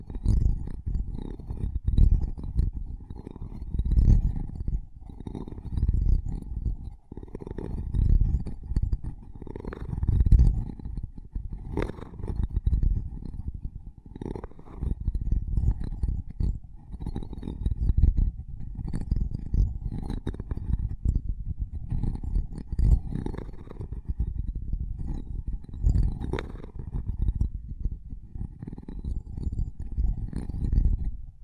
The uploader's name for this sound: Intense Mic Tapping and Scratching Sounds